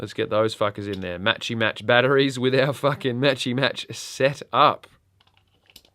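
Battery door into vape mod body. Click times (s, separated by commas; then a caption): 5.8 s. A battery door is pushed against spring-loaded terminals and pressed down on an Ultroner Gaea 200 watt wood-and-metal vape mod after two Sony VTC5A 18650 batteries are loaded. Someone talks for most of the clip, then a few faint taps follow from about 5.2 s, with the door latching shut with a click at 5.8 s. It locks solidly in place.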